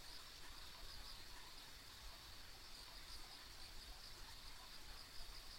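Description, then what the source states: High, steady insect trilling with occasional chirps, set against a continuous low rushing noise. Ambient insect sounds on a rural country road.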